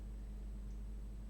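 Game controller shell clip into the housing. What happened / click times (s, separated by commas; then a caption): The plastic shell clip did not click into place / none. The left side of a reassembled plastic Xbox One controller shell is pressed to snap its clips into the housing. Only a steady low hum fills the 1.3 seconds, with no sudden sounds. Nothing has clicked yet, and the left side has not seated.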